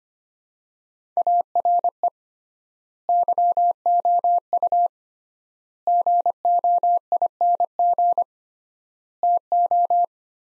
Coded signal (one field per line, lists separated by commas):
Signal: Morse code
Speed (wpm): 25 wpm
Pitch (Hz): 700 Hz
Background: none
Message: ARE YOU GOING TO